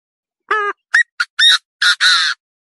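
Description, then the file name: Partridge call: a harmonic opening note, three short rising notes, then two harsh grating squawks, all within about two seconds, with silence around them. "Tieng ga go"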